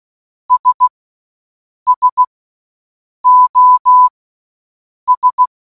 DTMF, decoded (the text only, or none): none